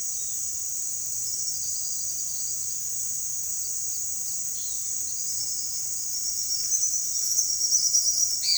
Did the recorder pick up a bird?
yes